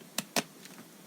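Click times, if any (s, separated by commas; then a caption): 0.2 s, 0.4 s. The headband slider on a pair of Parrot Zik 2.0 headphones is pulled out through its length positions. Two sharp clicks at 0.2 s and 0.4 s mark the headband extending through its detents, followed by a faint tick around 0.7 s. The slider clicks into place at each position.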